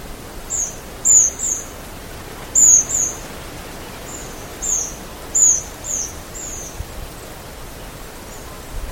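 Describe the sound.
Bird calls, very high thin descending notes in short pairs and triplets, repeated irregularly over steady background hiss.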